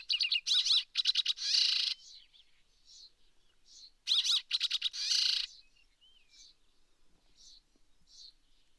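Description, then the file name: Rock sparrow producing quick rattled bursts and rough buzzes in two bouts, with quiet high chips and twitters afterwards. Subspecies brevirostris; recorded at Erdenesant, Mongolia, 23 May 2013. "130523 crsparr-brevirostris-1-S mng erdenesant"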